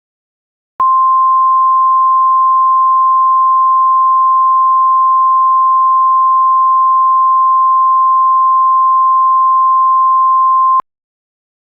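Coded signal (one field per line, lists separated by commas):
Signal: Emergency Alert System (SAME) tones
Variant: 1050 Hz attention tone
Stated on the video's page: Joke EAS scenario, fictional, with valid tones.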